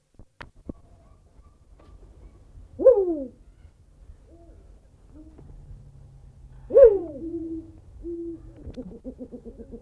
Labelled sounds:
Eurasian Eagle-owl (Bubo bubo) call, Spotted Eagle-Owl (Bubo africanus)
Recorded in captivity
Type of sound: call
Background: Rhinortha chlorophaea, Bubo africanus
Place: Vogelpark Bad Schwartau, Schleswig-Holstein, DE
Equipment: Halbspur, 9,5 cm/s
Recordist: Lütgens, Hans
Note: Hennenlaute neben Bubo africanus

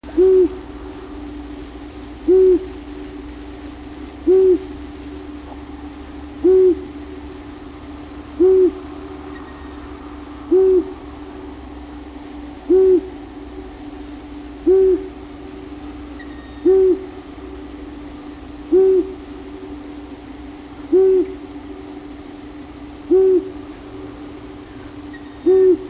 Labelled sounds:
Long-eared Owl (Asio otus) song
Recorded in the wild
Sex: male
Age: adult
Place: Rötlen, Baden-Württemberg, DE
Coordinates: 48.9664, 10.2194
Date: 1971-05-09
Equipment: Uher Report 4200, Scotch-Classic 19cm, AKG D190C in Doppelparabolreflektoren
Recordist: Krey, Winfried

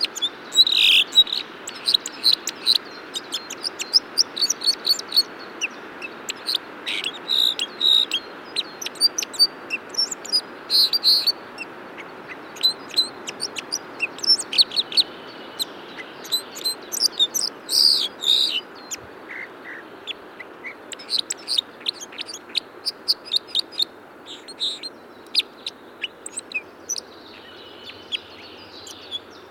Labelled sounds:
Red Crossbill (Loxia curvirostra) song
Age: adult
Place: Staphel, Insel Rügen, Mecklenburg-Vorpommern, DE
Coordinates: 54.483, 13.567
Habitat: Forest
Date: 1975-05-31
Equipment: Nagra III BH, Sennheiser MD 21, parabola
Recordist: Schubert, Michael

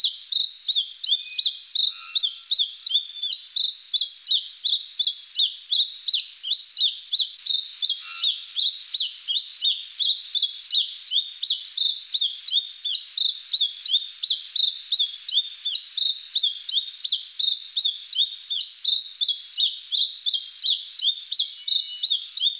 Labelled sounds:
Mountain Thrush (Turdus plebejus) song
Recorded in the wild
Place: Monteverde Urwaldreservat, CR
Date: 1992-04-17
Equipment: Dat-Recorder Casio DA 7, Telinga DAT, Telinga-Parabolspiegel
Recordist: Schwarz, Dieter

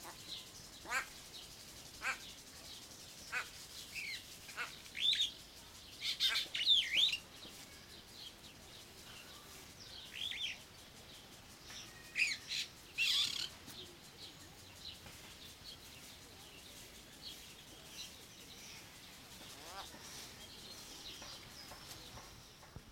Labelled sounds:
White-bellied Go-away-bird (Corythaixoides leucogaster) call
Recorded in captivity
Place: Zoo Berlin, Berlin, DE
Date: 1992-06-06 11:39
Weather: sonnig, 24-28°C
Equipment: Nagra SN, Mikrofon AKG CK 8, Kopie Tesla B 116
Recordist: Tembrock, Günter

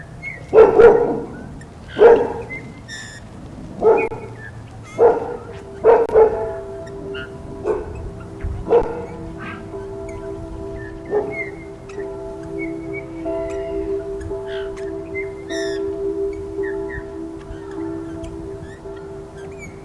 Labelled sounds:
Eurasian Bullfinch (Pyrrhula pyrrhula)
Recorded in the wild
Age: adult
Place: Untertweng, AT
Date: 1971-02-21
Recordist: Brunner, Thomas

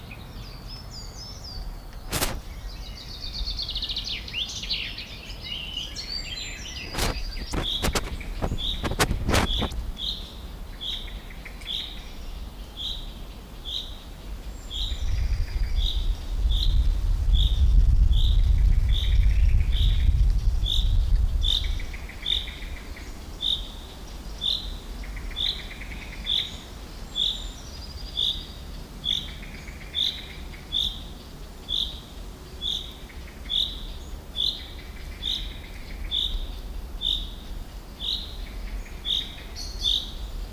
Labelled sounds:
Common Chaffinch (Fringilla coelebs)
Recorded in the wild
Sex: male
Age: adult
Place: Briesetal, Brandenburg, DE
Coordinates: 52.6833, 13.2667
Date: 1997-05-17 17:52
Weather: sunny, 25°C
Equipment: Sony MD-WM MZ-R3, Sennheiser MKH 416 T, Kopie Uher 4000 Report Monitor
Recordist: Tembrock, Günter

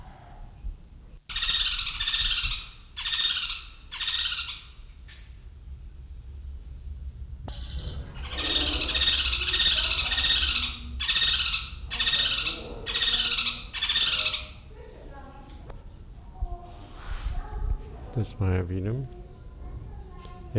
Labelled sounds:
Woodland Kingfisher (Halcyon senegalensis)
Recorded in captivity
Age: adult
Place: Zoo Berlin, Berlin, DE
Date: 1994-08-06 11:35
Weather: wolkig bis heiter, 20-27°C
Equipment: Marantz CP 430, Sennheiser ME 80, Kopie Uher Variocord 263
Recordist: Tembrock, Günter

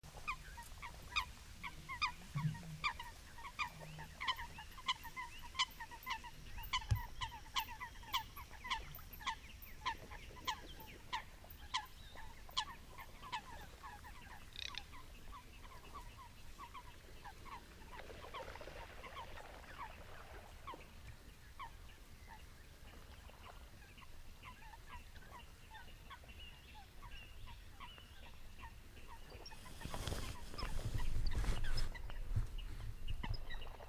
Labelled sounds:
Eurasian Coot (Fulica atra) call
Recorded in the wild
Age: adult
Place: Kützerhof, Kummerower See, Mecklenburg-Vorpommern, DE
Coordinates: 53.8411, 12.875
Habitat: wetland
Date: 2008-05-13 21:54
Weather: heiter, 10°C, schwacher Wind
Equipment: Sound Devices 702, Sennheiser MKH 70, Windkorb
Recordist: Frommolt, Karl-Heinz

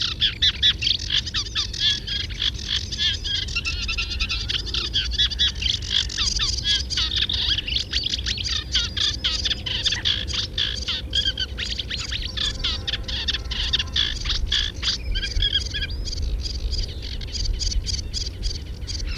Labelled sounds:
Sedge Warbler (Acrocephalus schoenobaenus) song
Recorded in the wild
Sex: male
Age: adult
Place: Elblag, Warminsko-Mazurskie, PL
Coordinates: 54.1, 19.4833
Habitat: lake
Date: 1966-05-13
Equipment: Nagra III BH
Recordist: Schubert, Michael

